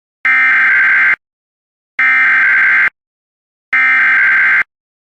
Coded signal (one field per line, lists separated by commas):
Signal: Emergency Alert System (SAME) tones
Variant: header bursts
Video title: TOR On WSCN 2/27/23 (EAS #1516)